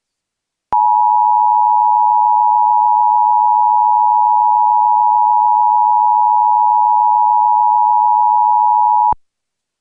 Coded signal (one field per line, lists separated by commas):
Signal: Emergency Alert System (SAME) tones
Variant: 853 and 960 Hz attention tone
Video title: EAS Relay - Washington DC Required Monthly Test